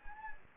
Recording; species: mosquito wingbeat signal from an infrared sensor; Anopheles gambiae